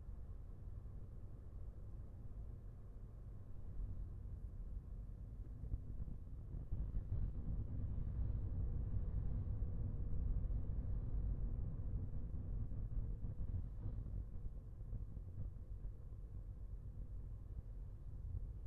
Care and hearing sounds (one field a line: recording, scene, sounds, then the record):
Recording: everyday scene through a hearing-aid microphone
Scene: in a vehicle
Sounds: engine, traffic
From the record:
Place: Skoda Fabia, gasoline engine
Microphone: behind the ear, left, rear